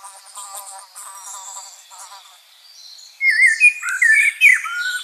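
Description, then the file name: Common blackbird song: low, evenly pulsed buzzy notes at first, then loud rich warbling with rising and falling slurs in the final two seconds. "Turdus merula"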